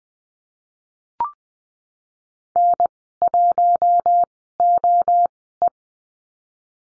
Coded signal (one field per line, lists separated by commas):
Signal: Morse code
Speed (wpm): 20 wpm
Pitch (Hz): 700 Hz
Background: none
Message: N1OE